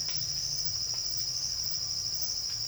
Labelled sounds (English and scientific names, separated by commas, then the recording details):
none
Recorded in secondary vegetation near Puerto Asís, Putumayo, Colombia, on 9 March 2025 at 13:00
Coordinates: 0.498, -76.327
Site G001